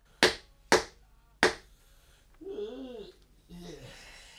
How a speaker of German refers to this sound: Wer klopft? Mach auf!